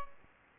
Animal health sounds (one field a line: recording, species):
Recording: mosquito wingbeat signal from an infrared sensor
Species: Aedes albopictus